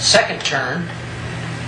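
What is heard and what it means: The belt tensioning mechanism on a Shopsmith SS112 belt sander is being turned a second turn during a tune-up while someone talks over a steady low hum. Nothing has seated or clicked yet.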